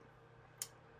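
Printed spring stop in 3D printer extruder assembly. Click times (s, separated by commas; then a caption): 0.6 s. A printed spring stop in a 3D printer extruder assembly is pushed further down into place with a tool, in case it is not fully down. A single sharp click sounds at 0.6 s over a quiet background. The part is seated and ready to go back on the extruder.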